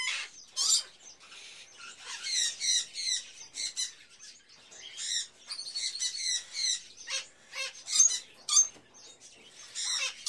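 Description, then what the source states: Birds chirping continuously, many quick high tweets and squeaky notes overlapping in a busy chorus with few pauses. Various birds in a pet shop, recorded as ambience.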